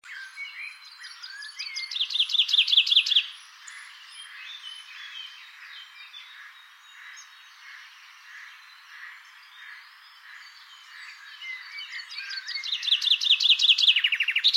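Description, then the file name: Common chaffinch song: two loud bright phrases, each a rapid descending trill ending in a brief flourish, about ten seconds apart, over a quieter chorus of other birds. "Fringilla coelebs"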